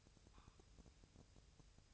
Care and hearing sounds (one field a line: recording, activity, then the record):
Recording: daily activity, microphone in the room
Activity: take from stove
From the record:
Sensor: 2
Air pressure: 999.1 hPa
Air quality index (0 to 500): 196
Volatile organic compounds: 27 ppm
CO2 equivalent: 2893 ppm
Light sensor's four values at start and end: 6/15/6/6 and 6/15/6/6